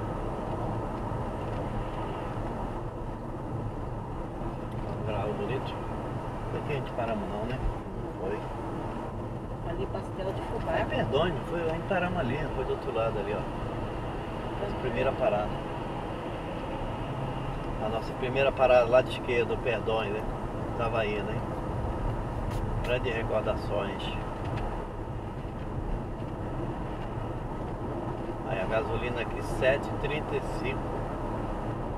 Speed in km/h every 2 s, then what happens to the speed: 83, 82, 80, 78, 79, 76, 76, 76, 77, 80, 82, 83, 84, 84, 85, 88.
0-15 steady at about 78. 15-32 speeds up to 88.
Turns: none.